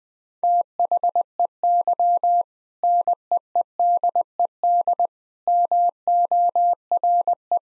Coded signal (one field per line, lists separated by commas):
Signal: Morse code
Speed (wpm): 21 wpm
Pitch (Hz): 700 Hz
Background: none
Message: THEY NEEDED MORE